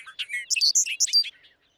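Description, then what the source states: Bobolink song: a rapid, bubbling jumble of tinkling notes that jump between low and very high pitches, lasting just over a second. Listed among J. Drew Lanham's current favourite birds; also called rice bird, historically persecuted for eating rice in low country rice fields.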